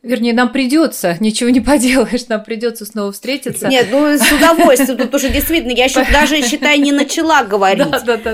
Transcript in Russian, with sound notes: Вернее, нам придется, ничего не поделаешь, нам придется снова встретиться! (Смеется.)
— Нет, ну с удовольствием! Ну потому что, действительно, я даже, считай, не начала говорить!